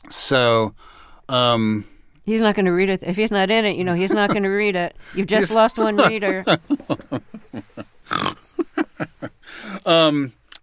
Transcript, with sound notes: so...
He's not going to read it. If he's not in it, you know, he's not going to read it.
(Laughter) Yes.
You've just lost one reader.